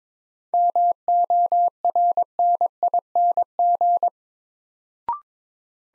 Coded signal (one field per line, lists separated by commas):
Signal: Morse code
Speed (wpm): 22 wpm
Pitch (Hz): 700 Hz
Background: none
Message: MORNING